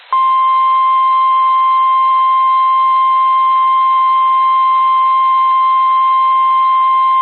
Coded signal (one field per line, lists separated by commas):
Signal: Emergency Alert System (SAME) tones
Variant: 1050 Hz attention tone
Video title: Severe Thunderstorm Warning (Yadkin County, NC) (8/1/25) [EAS #198]